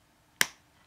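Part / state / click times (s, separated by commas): magnetic closure on a scrapbook album flap / seated / 0.4 s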